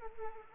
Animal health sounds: mosquito wingbeat signal from an infrared sensor; Anopheles arabiensis

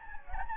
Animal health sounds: mosquito wingbeat signal from an infrared sensor; Anopheles gambiae

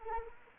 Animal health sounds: mosquito wingbeat signal from an infrared sensor; Anopheles arabiensis

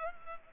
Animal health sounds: mosquito wingbeat signal from an infrared sensor; Culex pipiens

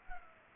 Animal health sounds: mosquito wingbeat signal from an infrared sensor; Culex pipiens

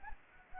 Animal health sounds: mosquito wingbeat signal from an infrared sensor; Anopheles arabiensis

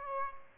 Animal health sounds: mosquito wingbeat signal from an infrared sensor; Aedes aegypti

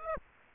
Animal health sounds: mosquito wingbeat signal from an infrared sensor; Aedes aegypti

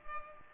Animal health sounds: mosquito wingbeat signal from an infrared sensor; Culex pipiens

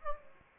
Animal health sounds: mosquito wingbeat signal from an infrared sensor; Aedes aegypti

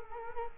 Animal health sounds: mosquito wingbeat signal from an infrared sensor; Culex quinquefasciatus

